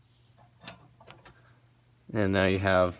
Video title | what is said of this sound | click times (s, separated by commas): Lower spare tire. How to remove the spare GMC, Chevy Yukon, Tahoe, Suburban, Escalade, Sierra | actual tire iron here, which we're going to use to take off the lug nuts, locks into here as well. | 0.7 s